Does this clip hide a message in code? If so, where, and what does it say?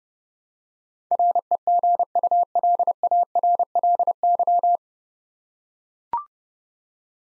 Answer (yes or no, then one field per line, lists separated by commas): yes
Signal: Morse code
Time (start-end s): 1.1-4.8 s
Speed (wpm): 28 wpm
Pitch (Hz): 700 Hz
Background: none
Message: REGULARLY